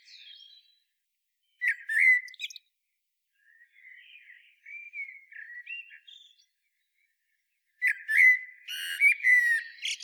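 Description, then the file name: Common blackbird song: soft fluty warbled phrases alternating with squeaky, high twittering bursts, separated by short pauses. "Turdus merula"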